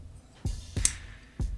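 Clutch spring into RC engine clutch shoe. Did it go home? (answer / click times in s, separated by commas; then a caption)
no / none. A metal clutch spring is being pushed over the clutch shoe of a Reds Racing 721 Scuderia RC engine. Three dull low thumps of handling are heard near 0.5, 0.8 and 1.4 seconds, with a brief bright tick just after the second. The spring has not snapped into place yet, and nothing has seated or clicked.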